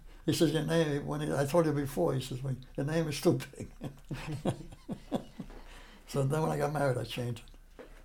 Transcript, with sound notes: he says, "Your name"—when—I told you before, he says, "Your name is too big." [laughter] So then when I got married, I changed it—
Uh-huh.